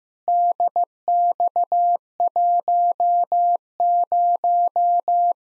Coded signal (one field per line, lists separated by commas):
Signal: Morse code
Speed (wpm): 15 wpm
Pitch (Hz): 700 Hz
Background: none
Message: DX10